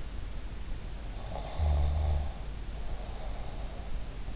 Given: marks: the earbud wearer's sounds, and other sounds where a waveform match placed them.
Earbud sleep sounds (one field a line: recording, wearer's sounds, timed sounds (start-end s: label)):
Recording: sounds in sleep by an in-ear microphone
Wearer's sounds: snoring breath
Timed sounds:
1.17-3.93 s: snoring breath